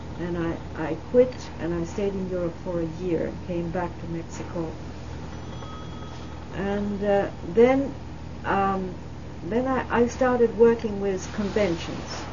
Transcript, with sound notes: And I did, I stayed in Europe for a year and came back to Mexico. ( a bell is heard in the background of the tape ) And then, then I started working with conventions,